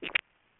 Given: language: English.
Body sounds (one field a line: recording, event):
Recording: throat vibration sensor signal played as sound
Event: swallow